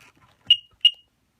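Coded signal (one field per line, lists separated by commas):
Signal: beep code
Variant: Sea-Doo DESS key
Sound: two short high-pitched beeps in quick succession, then silence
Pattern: 2 short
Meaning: Two short beeps mean the DESS key was accepted and all is okay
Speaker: success so now I get my beeps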